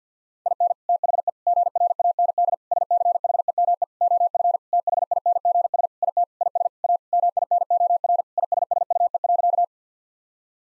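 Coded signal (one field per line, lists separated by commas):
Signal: Morse code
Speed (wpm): 50 wpm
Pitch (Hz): 700 Hz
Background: none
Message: IN THE GRAND SCHEME OF THINGS IT IS A MINOR ISSUE.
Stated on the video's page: Morse practice at 50 WPM: sentences built from common six-word phrases, each sent in Morse, then spoken, then sent again.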